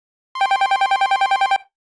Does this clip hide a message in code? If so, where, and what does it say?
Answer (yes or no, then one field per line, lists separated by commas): no